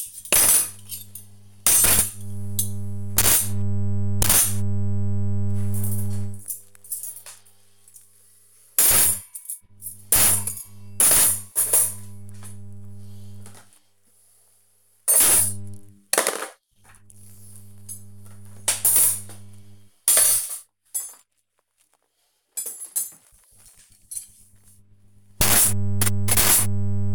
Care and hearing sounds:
household activities, microphone on the right wrist
0.00-27.15 s: cleaning out the dishwasher

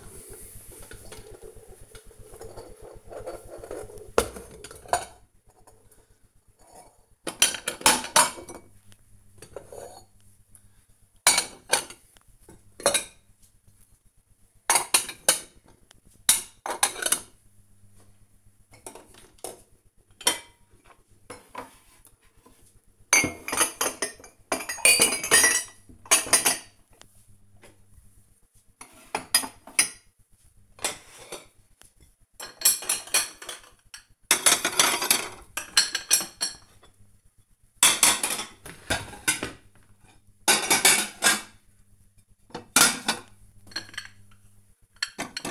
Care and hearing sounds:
household activities, microphone on the right wrist
0.00-45.51 s: putting away the dishes

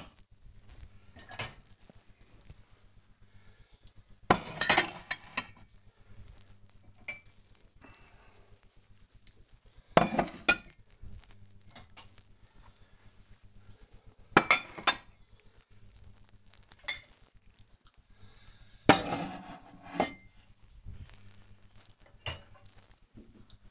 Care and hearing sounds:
household activities, microphone on the right wrist
0.00-23.71 s: cleaning out the dishwasher

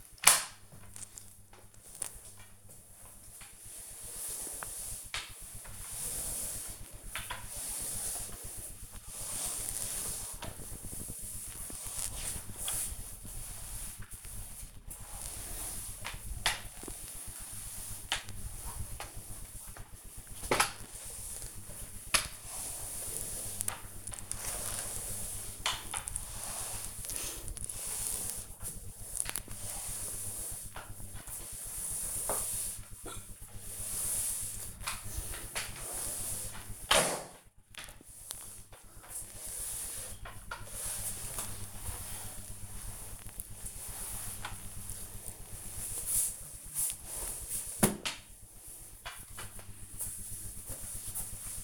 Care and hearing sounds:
household activities, microphone on the right wrist
0.00-48.88 s: floor cleaning

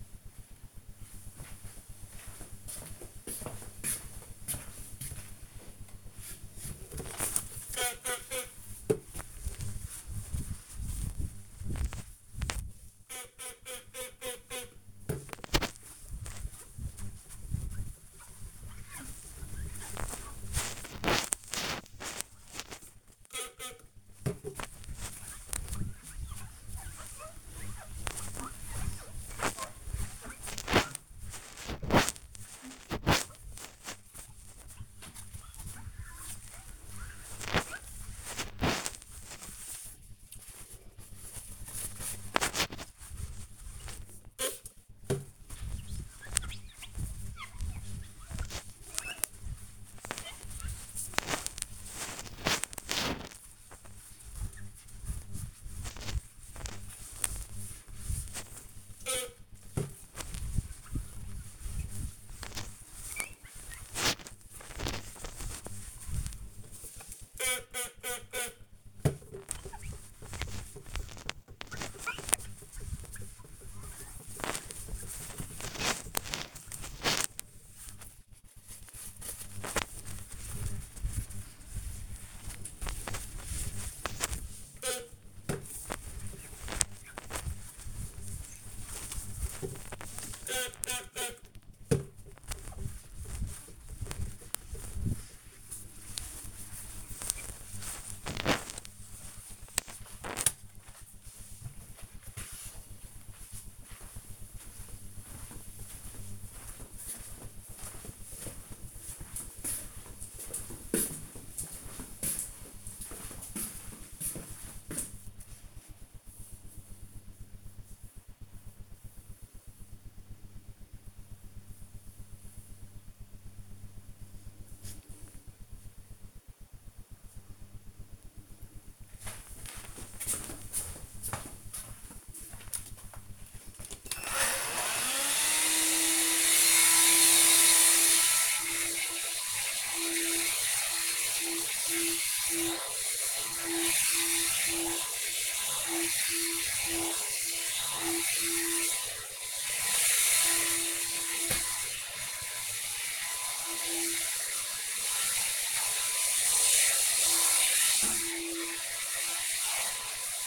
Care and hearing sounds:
household activities, microphone on the right wrist
5.19-99.94 s: window cleaning
132.17-160.47 s: vacuum cleaning

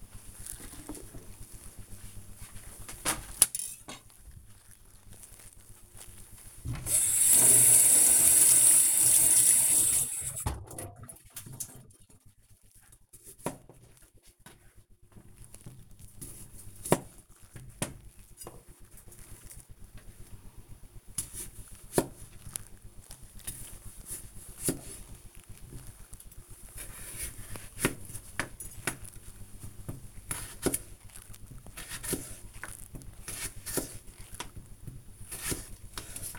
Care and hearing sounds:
household activities, microphone on the right wrist
5.73-36.39 s: cutting vegetables
20.83 s: note: cleaning vegetables

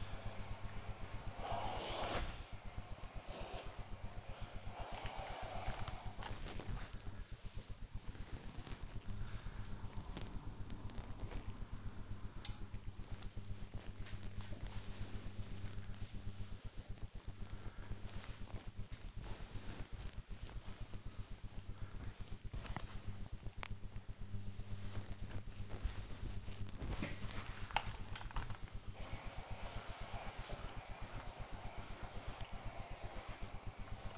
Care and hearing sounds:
household activities, microphone on the right wrist
0.00-34.18 s: ironing laundry

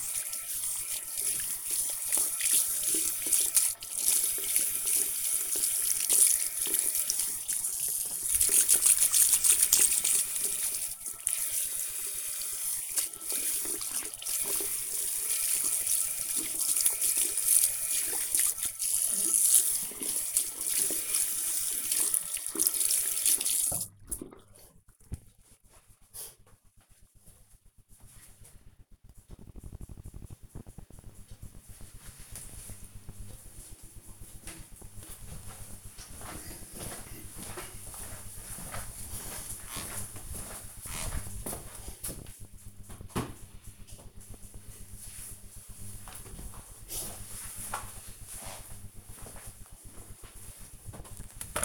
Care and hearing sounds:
household activities, microphone on the right wrist
0.00-34.03 s: washing hands
50.15-51.65 s: making tea

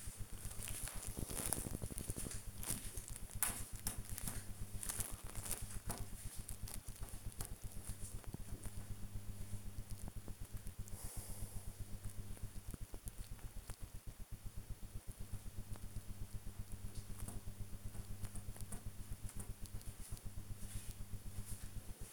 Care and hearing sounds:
household activities, microphone on the right wrist
0.00-22.13 s: working on the computer

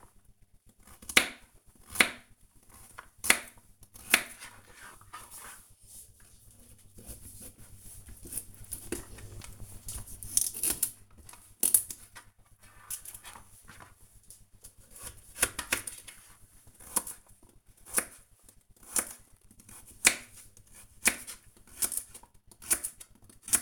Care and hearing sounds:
household activities, microphone on the right wrist
0.00-23.61 s: cutting vegetables

